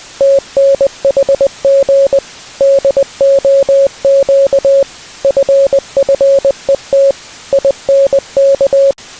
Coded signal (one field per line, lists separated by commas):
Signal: Morse code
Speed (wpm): 20 wpm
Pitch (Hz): 550 Hz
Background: music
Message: TNHG DOQ FFET INK